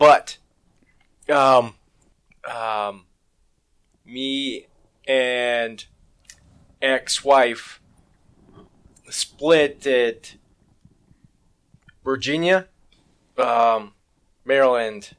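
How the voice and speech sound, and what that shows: An adult man who has survived a stroke speaks in short, halting bursts with long silent gaps and drawn-out 'um' fillers. He produces a telegraphic sentence that drops small grammatical words: 'me and ex-wife split at Virginia, Maryland.' This fragmented output is typical of non-fluent aphasia after stroke.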